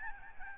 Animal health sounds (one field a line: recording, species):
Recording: mosquito wingbeat signal from an infrared sensor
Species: Aedes albopictus